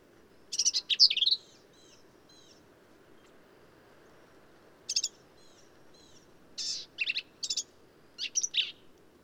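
Black-capped vireo with a loud jumbled phrase followed by softer chips, then quick sets of sharp high notes in rapid succession.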